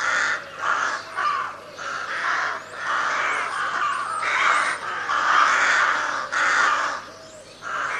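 Crows cawing loudly in rough bursts, with brief gaps and thin high chirps in the background.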